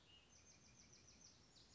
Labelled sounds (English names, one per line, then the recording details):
Bewick's Wren
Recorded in Sonoma County, California